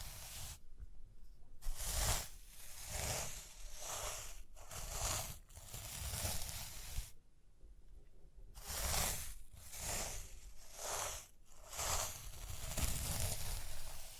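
Rhinestones are tapped, scratched and brushed in uneven bursts of crisp, bright rustling, each lasting about a second or two. Short quiet gaps fall between them, with a longer pause near the middle. Soft low thumps sit underneath the scratchy texture.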